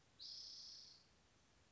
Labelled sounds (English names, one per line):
Spotted Towhee